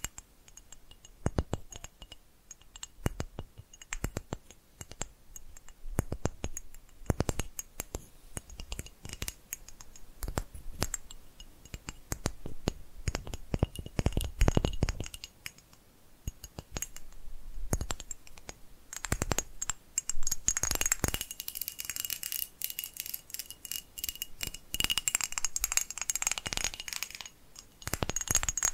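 Tapping triggers: quick, sharp taps and clicks, irregular at first, some in rapid bursts and a few heavier thumps near the middle. From about twenty seconds the tapping turns dense and bright, almost continuous, with a faint ringing tone held behind it.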